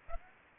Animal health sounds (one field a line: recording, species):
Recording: mosquito wingbeat signal from an infrared sensor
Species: Aedes aegypti